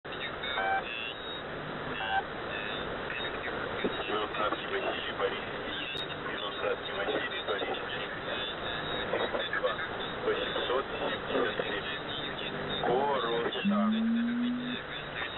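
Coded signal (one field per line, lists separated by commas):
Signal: coded military voice message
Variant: The Pip, Russian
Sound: russian voice reading a call sign, codeword and number groups through heavy radio noise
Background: radio static and interference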